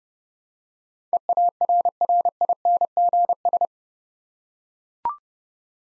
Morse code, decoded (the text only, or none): EARRINGS